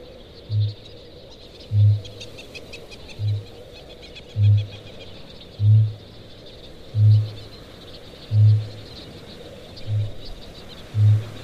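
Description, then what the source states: Kākāpō booming: several deep resonant booms at fairly steady intervals, over a continuous higher-pitched chatter of seabirds. One male at night on Whenuahoe island during breeding season; males gain weight and focus on booming rather than feeding; petrels and shearwaters chatter in background.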